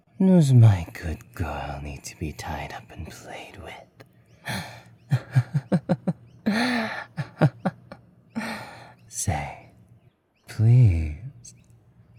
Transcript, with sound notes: does my good girl need to be tied up and played with?
[chuckles]
[still whispering] say please.